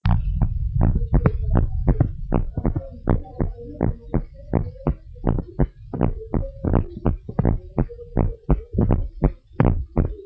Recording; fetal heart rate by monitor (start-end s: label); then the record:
heart sounds of a pregnant woman by stethoscope
no fetal heartbeat
From the record:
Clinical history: decreased amniotic fluid, low fetal growth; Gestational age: 30 weeks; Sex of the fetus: boy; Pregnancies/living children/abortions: 2/0/1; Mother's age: 28 years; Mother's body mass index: 27.1